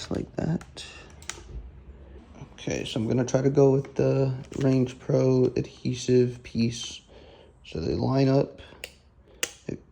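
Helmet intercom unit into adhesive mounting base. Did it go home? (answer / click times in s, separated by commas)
yes / 9.4 s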